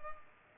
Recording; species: mosquito wingbeat signal from an infrared sensor; Culex pipiens